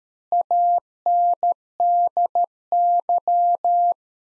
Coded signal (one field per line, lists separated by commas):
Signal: Morse code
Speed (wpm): 13 wpm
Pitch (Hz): 700 Hz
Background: none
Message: ANDY